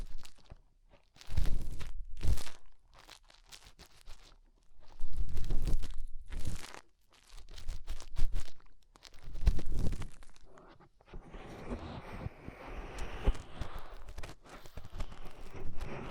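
Fingers rub inside an ear in crunchy, scratchy bursts with deep thumps, pausing between them, then a steadier rustling scrape fills the last five seconds.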